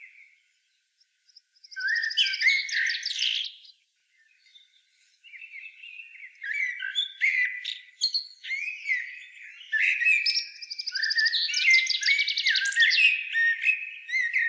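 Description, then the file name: Common blackbird delivering several warbled phrases, two of them ending in rapid, high, rattling twitters, with short gaps between the bursts. "Turdus merula"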